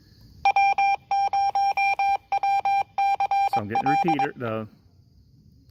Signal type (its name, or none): Morse code